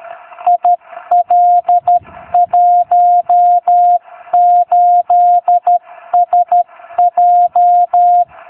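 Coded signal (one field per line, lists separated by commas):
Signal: Morse code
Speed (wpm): 13 wpm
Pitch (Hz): 710 Hz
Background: none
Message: IL18SJ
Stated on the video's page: VHF beacon located in Tenerife, received from a distant locator.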